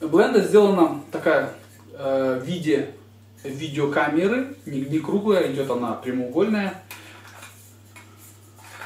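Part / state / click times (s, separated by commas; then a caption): lens hood onto camera lens bayonet / not seated / none. A rectangular lens hood is being handled and fitted onto the front bayonet of a Panasonic 25mm f1.4 II Leica DG Summilux ASPH MFT lens while someone talks. Only faint handling noises follow the talking near the end. Nothing has seated or clicked yet.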